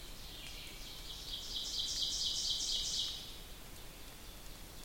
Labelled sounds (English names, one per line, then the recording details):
Ovenbird song
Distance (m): 35 m
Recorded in boreal forest in Alberta, Canada, on 2 June 2016 at 06:33
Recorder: SongMeter 3, array SBT-3-7
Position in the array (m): 52 m, 148 m
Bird 4